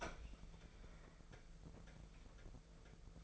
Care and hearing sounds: daily activity, microphone in the room; open fridge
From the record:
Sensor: 5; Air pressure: 1014.9 hPa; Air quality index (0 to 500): 173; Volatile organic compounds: 6 ppm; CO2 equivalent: 1907 ppm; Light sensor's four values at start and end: 95/222/97/109 and 100/232/101/114

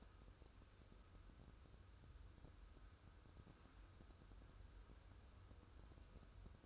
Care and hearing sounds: daily activity, microphone in the room; wipe stove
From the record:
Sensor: 2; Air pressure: 1015.0 hPa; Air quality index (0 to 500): 42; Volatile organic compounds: 1 ppm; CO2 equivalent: 594 ppm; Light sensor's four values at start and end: 13/35/13/15 and 13/35/13/15

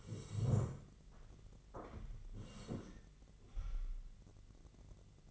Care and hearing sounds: daily activity, microphone in the room; sit down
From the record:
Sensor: 4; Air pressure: 1013.1 hPa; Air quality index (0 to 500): 174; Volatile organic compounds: 2 ppm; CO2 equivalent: 1098 ppm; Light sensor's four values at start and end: 52/127/54/58 and 52/128/54/58

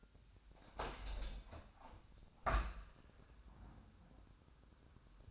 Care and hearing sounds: daily activity, microphone in the room; open window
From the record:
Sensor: 2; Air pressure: 1006.4 hPa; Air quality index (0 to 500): 202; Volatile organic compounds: 14 ppm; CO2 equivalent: 2475 ppm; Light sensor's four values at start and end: 9/21/9/9 and 9/21/9/9

